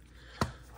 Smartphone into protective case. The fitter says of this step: it pops right in